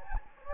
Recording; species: mosquito wingbeat signal from an infrared sensor; Anopheles gambiae